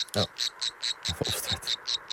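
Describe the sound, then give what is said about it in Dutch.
The song of an endangered bird, made of short, high, buzzy notes repeated at a steady rhythm, about four per second, sounding almost insect-like, with a few low murmurs underneath partway through. “Dit is de zang, ja.”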